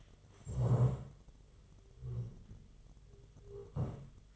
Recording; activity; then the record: daily activity, microphone in the room; stand up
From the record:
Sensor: 4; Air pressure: 1006.0 hPa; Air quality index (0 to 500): 114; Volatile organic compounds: 3 ppm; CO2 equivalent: 1424 ppm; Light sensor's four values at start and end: 13/28/11/10 and 13/28/11/10